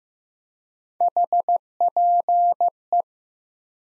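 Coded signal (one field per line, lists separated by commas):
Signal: Morse code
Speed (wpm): 15 wpm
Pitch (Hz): 700 Hz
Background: none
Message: HPE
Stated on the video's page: Morse head-copy drill of common QSO elements at 15 wpm, each sent in Morse, spoken, then sent again.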